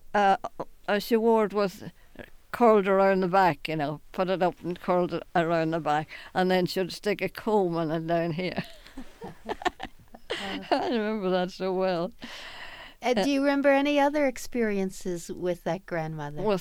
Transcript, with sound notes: Uh, she wore it with, curled around the back, you know, put it up and curled it around the back, and then she'll stick a comb in it down here. ( they laugh ) I remember that so well.
And do you remember any other experiences with that grandmother?